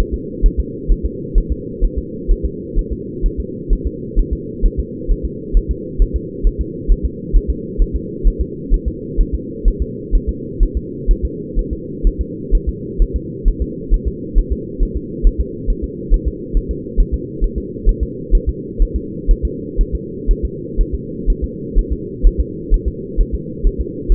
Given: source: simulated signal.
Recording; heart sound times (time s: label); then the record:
fetal heart sounds
0.00 s: S1
0.14 s: S2
0.46 s: S1
0.60 s: S2
0.92 s: S1
1.06 s: S2
1.38 s: S1
1.52 s: S2
1.84 s: S1
1.98 s: S2
2.31 s: S1
2.45 s: S2
2.79 s: S1
2.93 s: S2
3.26 s: S1
3.40 s: S2
3.73 s: S1
3.87 s: S2
4.19 s: S1
4.33 s: S2
4.66 s: S1
4.80 s: S2
5.11 s: S1
5.25 s: S2
5.57 s: S1
5.71 s: S2
6.02 s: S1
6.16 s: S2
6.47 s: S1
6.61 s: S2
6.92 s: S1
7.06 s: S2
7.36 s: S1
7.50 s: S2
7.82 s: S1
7.96 s: S2
8.27 s: S1
8.41 s: S2
8.74 s: S1
8.88 s: S2
9.21 s: S1
9.35 s: S2
9.68 s: S1
9.82 s: S2
10.15 s: S1
10.29 s: S2
10.63 s: S1
10.77 s: S2
11.11 s: S1
11.25 s: S2
11.59 s: S1
11.73 s: S2
12.07 s: S1
12.21 s: S2
12.55 s: S1
12.69 s: S2
13.02 s: S1
13.16 s: S2
13.48 s: S1
13.62 s: S2
13.94 s: S1
14.08 s: S2
14.39 s: S1
14.52 s: S2
14.83 s: S1
14.97 s: S2
15.27 s: S1
15.41 s: S2
15.70 s: S1
15.84 s: S2
16.14 s: S1
16.28 s: S2
16.57 s: S1
16.71 s: S2
17.00 s: S1
17.14 s: S2
17.44 s: S1
17.58 s: S2
17.89 s: S1
18.03 s: S2
18.35 s: S1
18.49 s: S2
18.82 s: S1
18.96 s: S2
19.31 s: S1
19.45 s: S2
19.81 s: S1
19.95 s: S2
20.31 s: S1
20.45 s: S2
20.81 s: S1
20.95 s: S2
21.30 s: S1
21.44 s: S2
21.79 s: S1
21.92 s: S2
22.27 s: S1
22.41 s: S2
22.74 s: S1
22.88 s: S2
23.20 s: S1
23.34 s: S2
23.67 s: S1
23.81 s: S2
24.12 s: S1
From the record:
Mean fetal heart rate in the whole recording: 130 bpm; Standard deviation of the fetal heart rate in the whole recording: 4 bpm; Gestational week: 38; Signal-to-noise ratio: -4.1 dB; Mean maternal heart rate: no maternal heart sound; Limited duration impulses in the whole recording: absent